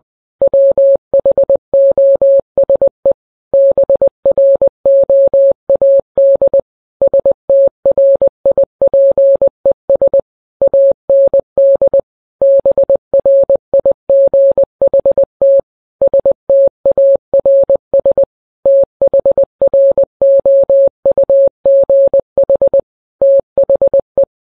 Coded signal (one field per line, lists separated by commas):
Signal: Morse code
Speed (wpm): 20 wpm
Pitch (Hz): 550 Hz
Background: none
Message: WHOSE BROAD STRIPES AND BRIGHT STARS THROUGH THE